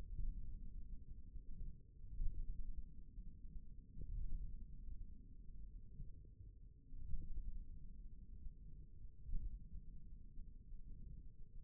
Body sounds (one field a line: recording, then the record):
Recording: forearm muscle sounds (acoustic myography)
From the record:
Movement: finger pinch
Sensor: system 1, eight BSWA MPA416 microphones around the upper forearm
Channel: 1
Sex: male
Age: 41 years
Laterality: right